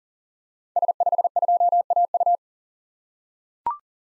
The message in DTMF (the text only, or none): none